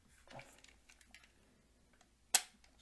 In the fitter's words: so, and then you'll kind of hear it snap in like that.